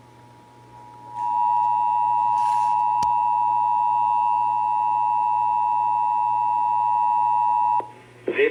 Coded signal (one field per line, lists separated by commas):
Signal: Emergency Alert System (SAME) tones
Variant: 853 and 960 Hz attention tone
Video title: (EAS #407-414) April 2023 Texas Required Monthly Test